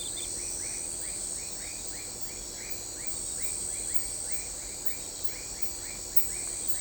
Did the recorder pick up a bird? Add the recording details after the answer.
no. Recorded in shrubland near Pivijay, Magdalena, Colombia, on 18 April 2023 at 22:00. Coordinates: 10.453, -74.365. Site P5-G022